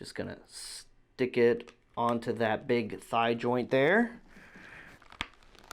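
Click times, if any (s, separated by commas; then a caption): 5.2 s. Someone talks while pushing the left leg of a DC Multiverse Titans Beast Boy build-a-figure onto the big thigh joint of its plastic torso. A few faint plastic ticks follow, then a sharp click at 5.2 s as the leg seats into the hip joint.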